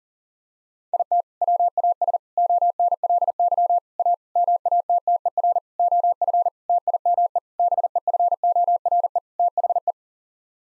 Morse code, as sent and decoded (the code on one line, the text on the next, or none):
.. - / .-- .- ... / --- -. .-.. -.-- / .- / -- .- - - . .-. / --- ..-. / - .. -- . / -... . ..-. --- .-. . / - .... .
IT WAS ONLY A MATTER OF TIME BEFORE THE